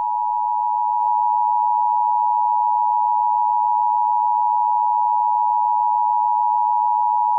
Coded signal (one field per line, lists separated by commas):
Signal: Emergency Alert System (SAME) tones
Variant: 853 and 960 Hz attention tone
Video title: Spiff Nusmi Emergency Alert System